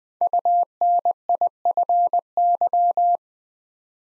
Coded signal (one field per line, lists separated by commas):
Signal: Morse code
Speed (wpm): 20 wpm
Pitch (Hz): 700 Hz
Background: none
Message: UNIFY